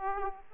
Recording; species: mosquito wingbeat signal from an infrared sensor; Aedes aegypti